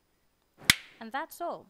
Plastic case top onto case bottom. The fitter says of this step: and move it down until you hear click